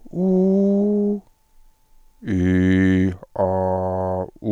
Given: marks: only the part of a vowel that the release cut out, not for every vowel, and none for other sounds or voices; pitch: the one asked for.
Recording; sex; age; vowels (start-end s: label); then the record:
sustained vowels; male; 40 to 49 years
0.22-0.85 s: vowel /u/, high pitch
2.36-3.08 s: vowel /i/, low pitch
3.47-4.20 s: vowel /a/, low pitch
From the record:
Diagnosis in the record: stuttering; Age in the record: 45 years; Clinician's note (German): Stroboskopischer Normalbefund